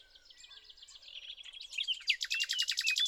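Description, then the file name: Common nightingale song building from soft jumbled notes into a loud, fast series of repeated chirping notes. "Luscinia megarhynchos"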